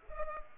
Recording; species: mosquito wingbeat signal from an infrared sensor; Culex pipiens